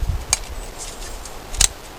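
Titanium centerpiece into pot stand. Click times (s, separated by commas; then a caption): 0.3 s. A titanium centerpiece is slid down into the middle of a Clikstand Appalachian Titanium Combo T2-G pot stand and latches home with a sharp click at 0.3 s. A second sharp click follows at about 1.6 s over low rumbling handling noise, and the stand is left as a sturdy setup.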